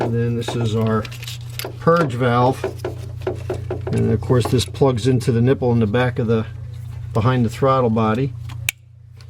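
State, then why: Seated. During a valve cover gasket replacement on a Discovery Series II, the purge valve line plug is pushed onto the nipple behind the throttle body while someone talks. A sharp click at 8.7 s marks the plug seating firmly in place.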